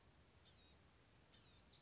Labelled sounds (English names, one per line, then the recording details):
Blue-gray Gnatcatcher
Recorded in Sonoma County, California